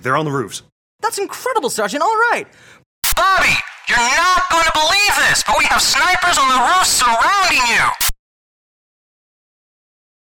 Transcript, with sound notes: They're on the roofs.
That's incredible, sergeant! All right! [FUTZ] Bobby, you're not going to believe this, but we have snipers on the roofs surrounding you.